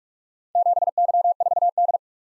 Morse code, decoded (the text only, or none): 7Y4D